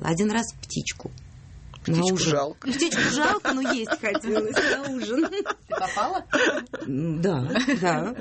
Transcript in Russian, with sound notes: Один раз в птичку.
Птичку жалко…
Птичку жалко, но есть хотелось на ужин.
(смех) Ты попала?
Да, да.